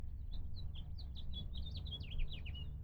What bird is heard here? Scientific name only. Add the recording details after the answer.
Haemorhous mexicanus. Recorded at Hewlett Harbor on Long Island, New York, on 10 June 1975. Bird D